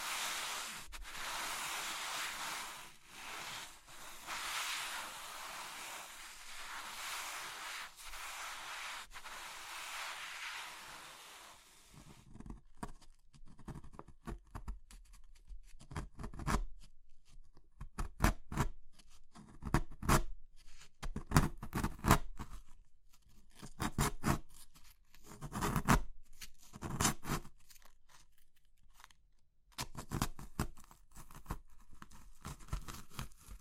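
Crushing of soap, chalk and meringue: a dense, steady crumbling hiss for twelve seconds, then sharp, irregular crunches and snaps.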